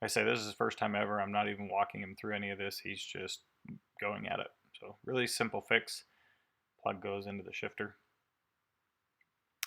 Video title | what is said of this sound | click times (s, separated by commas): Shifter Replacement | Make sure it clicks into place and is in there nice and snug. | 9.6 s